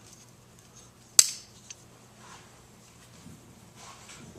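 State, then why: Seated. During reassembly of a 1995 Suzuki Sidekick, the EGR controller module is pushed onto its mounting bracket on the intake plenum. A single sharp, loud snap is heard at 1.2 s, followed by a faint tick at about 1.7 s over quiet background noise. The controller is seated in its bracket.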